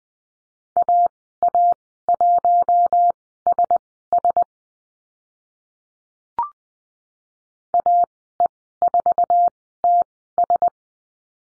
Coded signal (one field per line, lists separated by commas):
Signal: Morse code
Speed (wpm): 20 wpm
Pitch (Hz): 700 Hz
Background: none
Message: AA1SS AE4TS